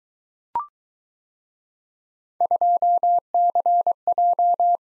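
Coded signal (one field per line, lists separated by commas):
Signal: Morse code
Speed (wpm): 22 wpm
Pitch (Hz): 700 Hz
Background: none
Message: 2CJ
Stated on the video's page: Morse drill of three-character letter-number combinations, speed-racing format starting fast and slowing to 15 wpm base; final repeat at maximum speed.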